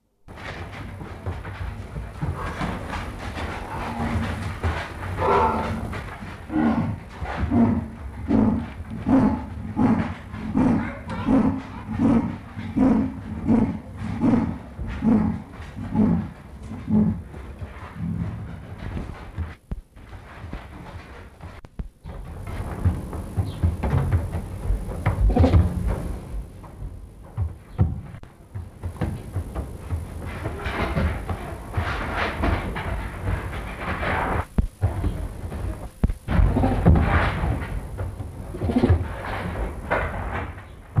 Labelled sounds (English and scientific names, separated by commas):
Clouded Leopard (Neofelis nebulosa)